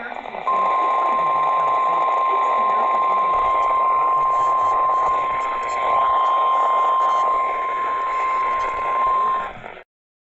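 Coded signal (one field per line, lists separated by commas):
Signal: Emergency Alert System (SAME) tones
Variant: 1050 Hz attention tone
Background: speech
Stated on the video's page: Fake mock recreation of an Indonesian EAS alarm from 1995, made on request.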